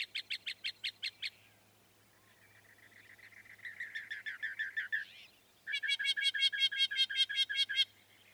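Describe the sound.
Northern mockingbird song: a fast series of sharp notes, a buzzy churr growing louder, then a rapid harsh rattling phrase.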